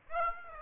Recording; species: mosquito wingbeat signal from an infrared sensor; Aedes aegypti